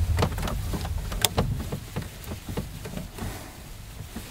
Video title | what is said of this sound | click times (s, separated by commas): How To Replace The ECU Computer On A GMC Safari Or Astro Van | I'll push it in till it clicks. | 1.2 s